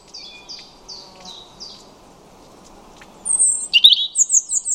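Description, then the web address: European robin song: five soft high repeated notes, a brief quiet gap, then a loud, rapid run of very high sparkling notes. "cianscape birddata Deverinetal 2025 Bird Only Er Ru"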